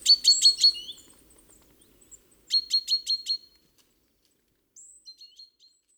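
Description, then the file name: Great tit calls: two quick bursts of bright, ringing notes, four in the first and five in the second, the second burst about two seconds after the first, then fainter thin notes near the end. "Parus major"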